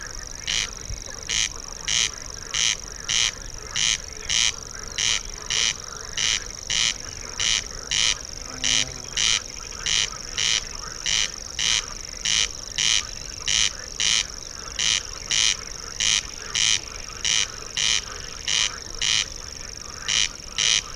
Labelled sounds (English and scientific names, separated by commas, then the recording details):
Corn Crake (Crex crex)
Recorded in the wild
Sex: male
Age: adult
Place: Schwedt/Oder, Nationalpark Unteres Odertal, Brandenburg, DE
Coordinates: 53.0394, 14.2955
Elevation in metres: 1
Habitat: grassland
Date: 2017-06-19 20:26
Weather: clear, 18°C, weak wind from East
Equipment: Olympus LS-3, Olympus ME31
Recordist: Frommolt, Karl-Heinz